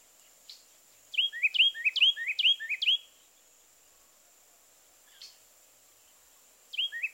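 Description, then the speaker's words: Carolina Wren singing a burst of several quick repeated tee-kittle phrases, then a pause with a brief soft note before another song begins near the end. Three-noted tee-kittle song, loud and repeated; sings at any time of day and in every month of the year. "the wren often sings a more distinctive three-noted song, which is a loud, repeated tee-kittle, tee-kittle, tee-kittle."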